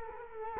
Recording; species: mosquito wingbeat signal from an infrared sensor; Culex quinquefasciatus